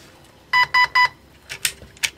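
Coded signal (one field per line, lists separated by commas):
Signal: none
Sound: a toy gun controller's beeps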